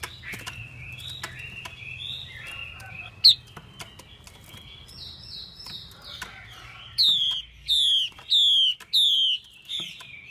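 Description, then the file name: Chinese hwamei song: soft rambling warbles and clicks at first, then four loud downslurred whistles in a steady series near the end. Female hwamei calling, a sound used to stimulate male birds. "Tieng chim hoa mi mai kich trong"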